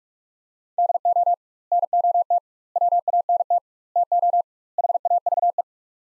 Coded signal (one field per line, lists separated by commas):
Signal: Morse code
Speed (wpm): 48 wpm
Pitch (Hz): 700 Hz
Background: none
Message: DO NOT WANT TO HAVE